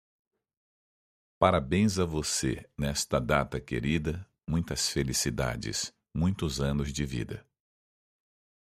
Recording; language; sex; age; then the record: short text; Brazilian Portuguese; male; 50 to 59 years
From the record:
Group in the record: control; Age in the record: 57 years